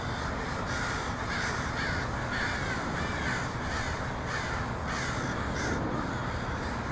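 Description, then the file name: Crows calling as a crowd, coarse cawing notes tumbling over one another without pause against a steady noisy background. Crows recorded in Portland on 2018-10-23. "pdx crows 2018-10-23"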